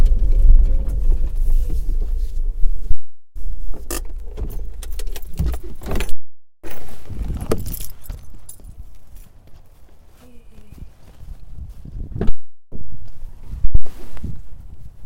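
Dried shredded daikon is gathered from a drying rack into a bag, with dense, crackly rustling and scraping of the bag and dry strips throughout. Bursts come in uneven clusters with light knocks, broken by brief full silences near 3, 6 and 12 seconds.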